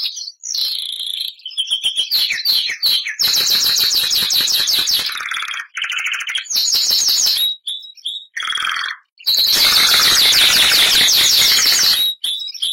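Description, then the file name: Canary song in bursts: rapid rolled trills and warbling phrases broken by short silences, with a long, loud trilled passage near the end. Bernois canary song. "canto do canario bernois"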